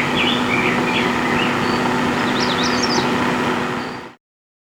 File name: Rose Breasted Grosbeak